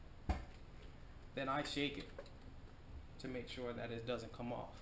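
A Panigale motorcycle's seat cowl is pressed into its tail latch a second time to make sure it is latched, giving a single faint click at 0.3 s. The cowl is seated, and someone talks afterward.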